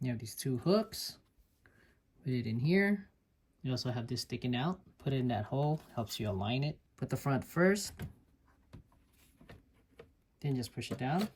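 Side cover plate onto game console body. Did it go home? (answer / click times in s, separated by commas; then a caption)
no / none. Someone talks while lining up a plastic side cover plate on a PS5 Slim console body, setting it on the two hooks and the locating peg, front first, before pushing it down. A few faint, brief taps occur near 1.7, 8.7, 9.5 and 10.0 seconds between the talking. The plate has not clicked into place yet.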